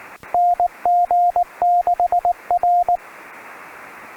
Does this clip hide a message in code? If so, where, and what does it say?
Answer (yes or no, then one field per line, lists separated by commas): yes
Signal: Morse code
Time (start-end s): 0.3-3.0 s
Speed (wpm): 17 wpm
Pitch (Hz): 690 Hz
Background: radio noise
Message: NG6R